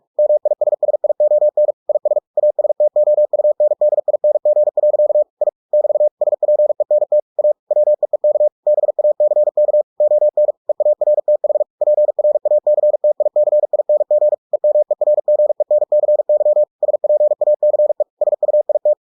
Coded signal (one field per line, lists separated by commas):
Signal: Morse code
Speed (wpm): 46 wpm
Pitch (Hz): 600 Hz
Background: none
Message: MISSION IS ASTOUNDING. I <BT> SPENT A WEEK BACK ON EARTH PRACTICING EMERGENCY SPACE SUIT